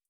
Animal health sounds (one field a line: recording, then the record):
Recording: hydrophone in a shrimp aquaculture tank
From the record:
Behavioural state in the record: starved